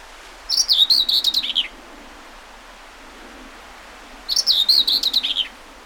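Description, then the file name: Common whitethroat song, two short scratchy warbling bursts separated by a pause, each a fast jumble of harsh notes sliding down at the close. Recorded 20 May 2009. "20090520 whitethroat"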